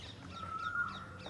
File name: Asian koel sound